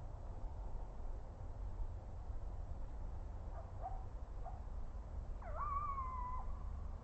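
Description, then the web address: Coyote yips: a few faint, short yips, then a brief howl that rises sharply and holds steady, over a constant low rumble. Coyotes on an audio monitor, 30 December 2009, 21:35. "rmaher. coyotes"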